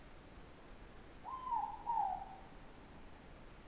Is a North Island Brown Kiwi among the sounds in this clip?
no